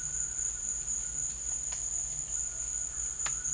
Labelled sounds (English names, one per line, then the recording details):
none
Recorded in dense forest near Puerto Asís, Putumayo, Colombia, on 21 December 2024 at 16:30
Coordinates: 0.484, -76.317
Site G026